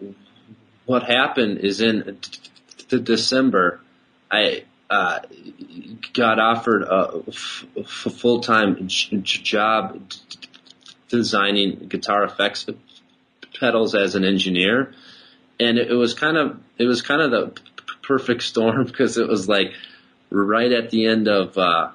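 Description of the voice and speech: Adult man speaking conversationally, stuttering frequently: silent blocks and pauses break up phrases, sounds are drawn out, and a phrase is repeated.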